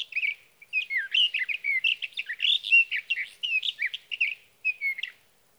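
Sage thrasher song, a rich continuous warble of quick, rising and falling whistled phrases, running about five seconds before a final slurred note.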